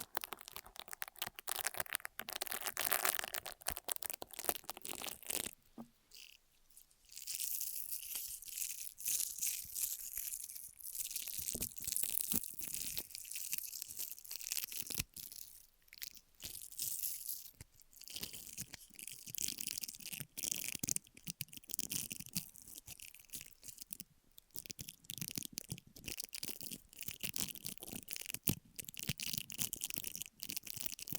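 An ear massage and cleaning sound, made of dense, rapid scratching and crunching rubs with a bright, hissy edge. The texture keeps shifting: fuller and lower in the first five seconds, then thinner and sharper, with brief pauses and bursts of rustling throughout.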